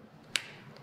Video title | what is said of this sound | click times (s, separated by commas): DJI Mavic Mini Combo 2019 | крышку до щелчка все моих mini можно включать итак | 0.4 s